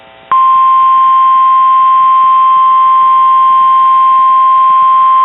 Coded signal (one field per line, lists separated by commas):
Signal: Emergency Alert System (SAME) tones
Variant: 1050 Hz attention tone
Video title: NOAA Weather Radio KIH61 (Omaha) - Severe Thunderstorm Warning (EAS #62)